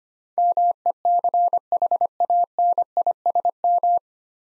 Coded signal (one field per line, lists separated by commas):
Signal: Morse code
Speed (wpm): 25 wpm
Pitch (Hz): 700 Hz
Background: none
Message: MECHANISM